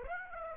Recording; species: mosquito wingbeat signal from an infrared sensor; Aedes aegypti